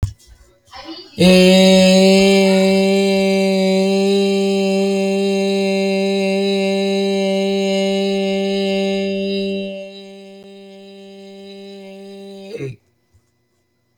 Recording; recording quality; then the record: sustained vowel as in made; excellent, no background noise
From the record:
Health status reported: healthy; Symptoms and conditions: cold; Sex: male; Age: 45 years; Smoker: not ticked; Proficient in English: yes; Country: United States